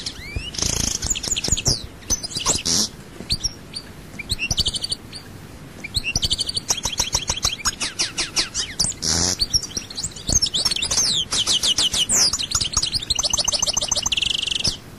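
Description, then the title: European goldfinch song: bright twittering phrases with quick rattles and nasal buzzes, with a quieter stretch early on, then running on steadily to the end. "Chant Chardonneret"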